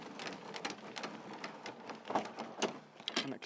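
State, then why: Seated. An adjustable bracing bar on an inflatable drive-away awning is wound back in, making a run of dry, rattling ratchet-like winding clicks and scrapes. At 3.1 seconds, near the end of the winding noises, a sharp, strong click sounds as the bar locks into its housing and is seated in place.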